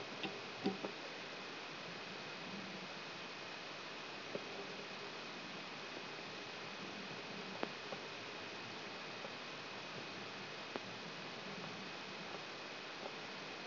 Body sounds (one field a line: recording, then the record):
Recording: brain microelectrode recording played as sound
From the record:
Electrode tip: outside the subthalamic nucleus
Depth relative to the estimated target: -6 mm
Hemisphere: right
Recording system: AlphaMap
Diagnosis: Parkinson's disease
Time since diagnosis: 11 years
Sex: male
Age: 66 years